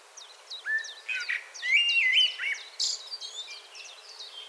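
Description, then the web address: Common blackbird song: low fluted warbling phrases near the middle, ending in high squeaky twitters, over a steady series of sharp repeated chips from another bird. "SETE data Turdus merula 181122"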